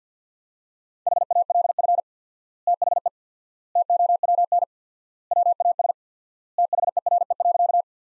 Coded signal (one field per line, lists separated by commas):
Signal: Morse code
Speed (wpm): 46 wpm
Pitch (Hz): 700 Hz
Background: none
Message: HALF THE TOWN WAS THERE.